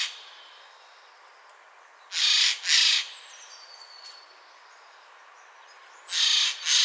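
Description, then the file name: Eurasian jay calling with loud, grating screeches in two paired bursts, one pair midway and another near the end, over soft bird whistles. "Garrulus glandarius"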